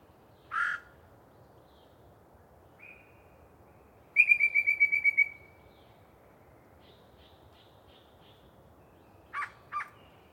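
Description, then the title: Yellow-breasted chat song: harsh note, a burst of quick piping notes, a string of soft notes, then two rough calls. Long pre-dawn singing session by one very vocal bird in deciduous cover. "A Very Chatty Yellow-breasted Chat"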